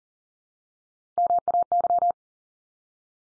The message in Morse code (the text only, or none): MAY